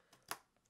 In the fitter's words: until it clicks into place that's it